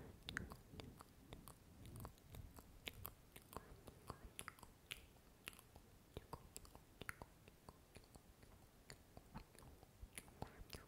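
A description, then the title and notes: Mouth sounds: wet clicks, smacks and kiss-like pops come irregularly but often, a few each second, sharp and bright. Underneath runs a soft, low, rumbling murmur, busier in the first few seconds, with faint chewing-like textures throughout. Mouth Sounds Kiss Sounds Scratching.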